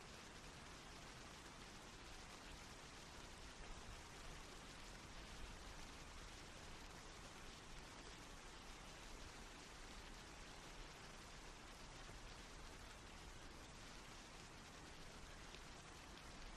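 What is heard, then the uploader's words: Rain falls in a steady, dense hiss that fills the whole clip without pause. The wash is even from low rumble to bright top, with tiny drop ticks blurred into the texture and no distinct events or other sounds standing out. Serene Rain Sounds.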